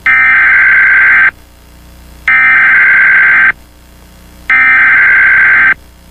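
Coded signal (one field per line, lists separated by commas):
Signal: Emergency Alert System (SAME) tones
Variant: header bursts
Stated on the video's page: Fictional EAS scenario, homemade.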